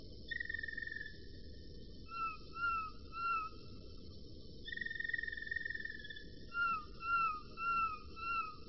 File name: kenari-roller-v 4-omkicau